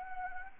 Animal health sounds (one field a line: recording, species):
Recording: mosquito wingbeat signal from an infrared sensor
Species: Anopheles gambiae